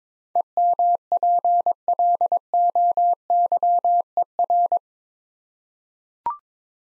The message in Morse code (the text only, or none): EMPLOYER